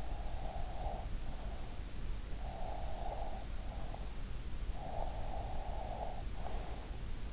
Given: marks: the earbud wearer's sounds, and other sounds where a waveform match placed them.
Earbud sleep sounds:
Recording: sounds in sleep by an in-ear microphone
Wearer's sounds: breath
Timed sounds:
0.00-1.76 s: breath
2.24-4.16 s: breath
4.73-7.13 s: breath

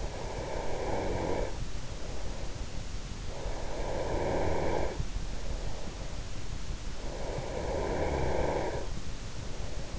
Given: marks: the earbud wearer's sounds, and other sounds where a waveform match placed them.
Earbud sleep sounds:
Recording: sounds in sleep by an in-ear microphone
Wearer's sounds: breath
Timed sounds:
0.00-2.69 s: breath
3.31-5.72 s: breath
6.97-9.98 s: breath

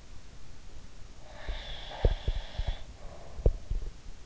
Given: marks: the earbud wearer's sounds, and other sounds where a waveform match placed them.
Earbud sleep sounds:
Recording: sounds in sleep by an in-ear microphone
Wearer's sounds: breath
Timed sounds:
1.16-3.92 s: breath
1.46-3.82 s: sound from someone else or the room

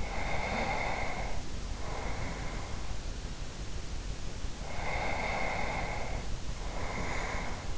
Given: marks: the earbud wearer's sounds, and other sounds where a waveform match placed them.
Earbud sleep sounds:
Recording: sounds in sleep by an in-ear microphone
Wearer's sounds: breath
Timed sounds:
0.00-2.94 s: breath
4.62-7.69 s: breath

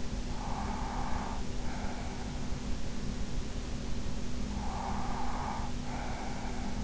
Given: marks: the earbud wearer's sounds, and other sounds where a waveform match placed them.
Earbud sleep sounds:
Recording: sounds in sleep by an in-ear microphone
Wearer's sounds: breath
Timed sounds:
0.21-2.33 s: breath
4.44-6.84 s: breath

